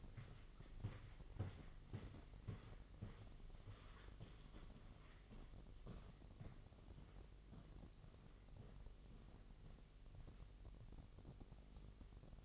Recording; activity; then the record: daily activity, microphone in the room; walk to room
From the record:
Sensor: 4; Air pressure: 1000.3 hPa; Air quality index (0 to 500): 216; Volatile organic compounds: 23 ppm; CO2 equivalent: 2789 ppm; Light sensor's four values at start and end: 9/20/8/8 and 9/21/8/8